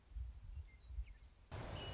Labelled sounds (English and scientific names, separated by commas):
Western Meadowlark (Sturnella neglecta)